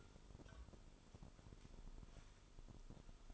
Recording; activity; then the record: daily activity, microphone in the room; take from stove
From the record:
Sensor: 5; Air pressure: 988.4 hPa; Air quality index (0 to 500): 202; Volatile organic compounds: 77 ppm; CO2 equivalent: 3581 ppm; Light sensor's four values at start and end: 48/140/55/60 and 48/140/55/60